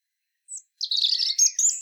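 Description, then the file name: European robin giving one brief high note, then a dense, rapid, high-pitched warbled phrase that rises slightly toward the end. "Erithacus rubecula"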